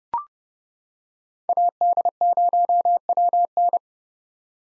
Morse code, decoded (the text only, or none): AD0WN